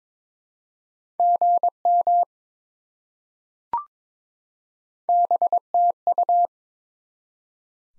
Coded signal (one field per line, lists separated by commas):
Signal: Morse code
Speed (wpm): 22 wpm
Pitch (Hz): 700 Hz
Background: none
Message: GM BTU